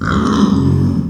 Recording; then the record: squeal of a Yucatan mini pig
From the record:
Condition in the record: after surgery on the right vocal fold (resection and tissue-engineered implant); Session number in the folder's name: 13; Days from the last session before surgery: 113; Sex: female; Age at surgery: 19 weeks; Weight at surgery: 25 kg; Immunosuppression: prednisolone